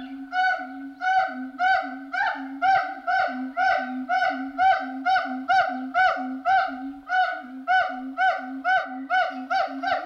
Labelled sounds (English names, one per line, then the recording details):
Siamang
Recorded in captivity
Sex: pair
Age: adult
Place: Zoo Berlin, Berlin, DE
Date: 1989-04-18
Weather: diesig, 4-7°C
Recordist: Tembrock, Günter